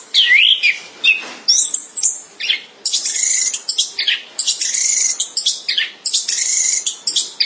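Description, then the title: Thrush song as a fast, almost unbroken stream of high chirps, trills and whistled slurs, with sharp notes following one another rapidly. "burung anis"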